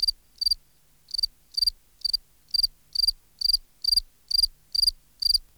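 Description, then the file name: Field cricket song: bright, high, pulsed chirps repeated steadily about twice a second, each chirp a short burst of three or four quick pulses. "Gryllus campestris"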